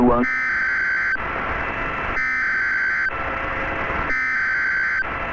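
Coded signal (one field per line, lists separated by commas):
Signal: Emergency Alert System (SAME) tones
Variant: header bursts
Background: speech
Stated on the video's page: Mock EAS alerts, some recreational, from unreleased content.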